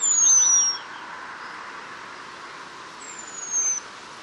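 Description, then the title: Eurasian penduline tit giving thin, high, drawn-out whistles that slide gently downward, two calls about three seconds apart, with faint chirps beneath the first. "La Mésange rémiz (Remiz pendulinus)"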